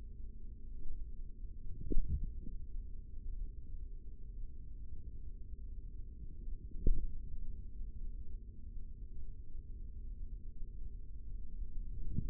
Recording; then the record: forearm muscle sounds (acoustic myography)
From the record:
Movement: forearm pronation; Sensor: system 3, bracelet of six PUI Audio POM-2738L microphones around the upper forearm, with dedicated amplification and filtering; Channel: 3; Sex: male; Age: 55 years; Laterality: right